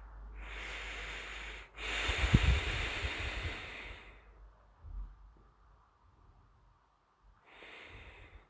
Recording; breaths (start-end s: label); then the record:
nose breathing near a microphone
0.32-1.65 s: inhalation
1.65-4.50 s: exhalation
7.26-8.43 s: exhalation
From the record:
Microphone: phone